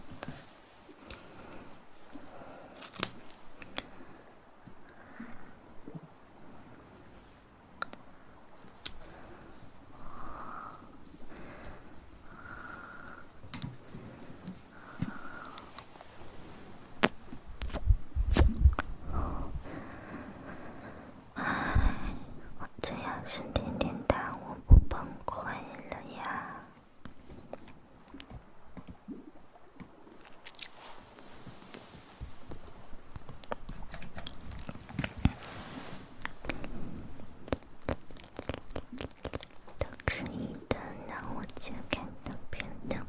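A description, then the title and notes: Close-up tapping and mouth sounds, soft clicks and wet smacks in irregular clusters, busiest from about 18 to 27 seconds, then quieter and sparser. Tap trigger and mouth sounds.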